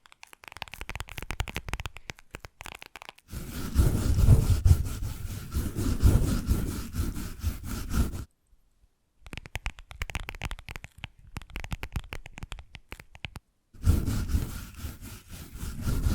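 Quick scratching and tapping strokes alternate with denser rough rubbing bursts around 3–8 and after 14 seconds, broken by two brief silences.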